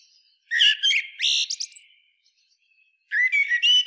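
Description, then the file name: Eurasian blackbird singing a loud phrase of fluty notes ending in scratchy high twitters, a quiet gap, then another phrase beginning. "Turdus merula"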